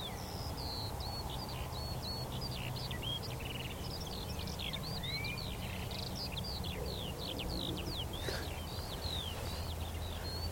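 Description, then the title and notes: Eurasian skylarks singing, a continuous jumble of rapid chirps, trills and slurred whistles over a steady low rumble. Chorus of skylarks rising from young barley and singing ever higher, open field on the northern edge of the Cotswolds, South Warwickshire, under cloudy sky. "Sound Escape: Skylarks ascending over a field of barley. We're on the northern edge of the Cotswolds in South Warwickshire – a vast open field of young barley stretches to the horizon. Quietly at first, then all of a rush, a hidden chorus of skylarks rises from the vegetation, singing exultantly"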